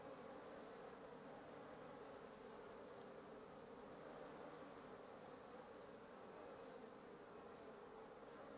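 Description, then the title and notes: Nest of wasps giving a dense droning buzz, a steady hum of many insects with no distinct separate sounds. Wasp nest under the roof of the recordist's residence at 1a Avenida Norte 19, Antigua Guatemala, Guatemala; recorded in the morning. "1a Avenida Nte 19, Antigua Guatemala, Guatemala - Un nid de guêpes. Un nid de guêpes sous le toit de ma résidence. Prise de sons (matinale) : JF CAVRO"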